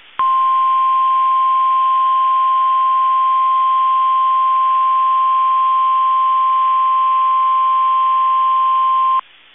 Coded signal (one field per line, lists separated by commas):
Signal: Emergency Alert System (SAME) tones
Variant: 1050 Hz attention tone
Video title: 3RD TIMES A CHARM EAS Required Weekly Test KEC65 12/2/20 (EAS #276-278)